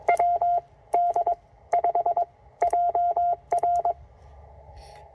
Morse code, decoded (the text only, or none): WD5JR